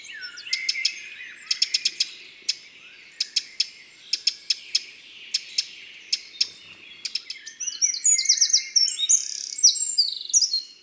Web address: Fevrier Le Troglodyte mignion. les 4 saisons des chants doiseaux